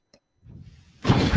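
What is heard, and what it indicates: A brief click is followed by a low mechanical hum, then a loud rush of air near the end, like the machine pushing a breath. This is a home mechanical ventilator running during normal use.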